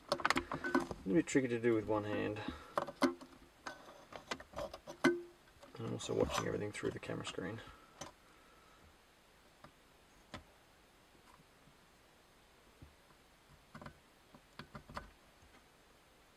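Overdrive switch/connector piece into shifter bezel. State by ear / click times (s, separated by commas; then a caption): not seated / none. A plastic tabbed overdrive switch connector piece is handled against the shifter bezel of a Jeep WJ while someone talks, with sharp plastic ticks and taps through the first eight seconds. After that, sparse light clicks sound over near silence. The part has not seated or clicked into the bezel yet.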